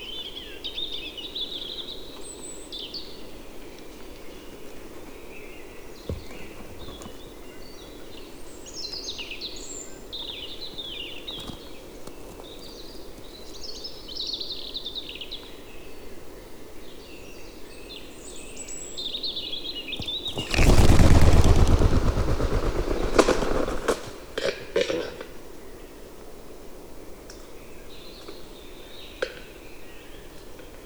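Forest sounds in late April during the capercaillie lek, with a displaying capercaillie cock among many birds. Bright chirps and calls scatter over a steady low hum throughout. Around 21 seconds a loud rushing burst lasts about four seconds, followed by several sharp clicks.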